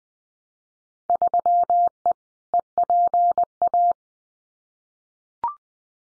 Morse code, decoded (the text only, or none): 3E EPA